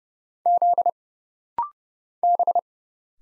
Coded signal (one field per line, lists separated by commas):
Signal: Morse code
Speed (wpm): 30 wpm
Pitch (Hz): 700 Hz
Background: none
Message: Z B